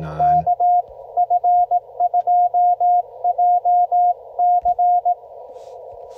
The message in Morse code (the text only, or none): KF2JC